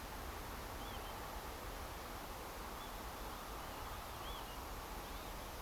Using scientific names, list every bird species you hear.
Vanellus vanellus